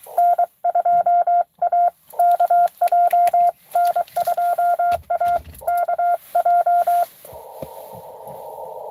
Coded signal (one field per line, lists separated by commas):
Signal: Morse code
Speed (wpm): 23 wpm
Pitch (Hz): 700 Hz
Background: none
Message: N2AKJ N2AKJ